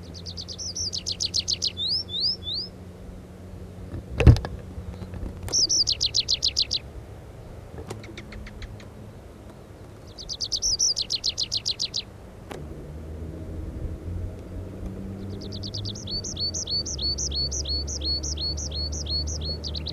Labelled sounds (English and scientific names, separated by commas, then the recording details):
Tree Pipit (Anthus trivialis) song
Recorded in the wild
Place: Montreux, Kanton Waadt, CH
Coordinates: 46.4311, 6.93861
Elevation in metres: 1053
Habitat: mountains
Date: 1986-05-20
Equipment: Uher 4000 Report, Sennheiser MKH 815 T
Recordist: Tretzel, Erwin
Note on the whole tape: "Trollblumenhang", Caux, bei Montreux, Schweiz: Gesang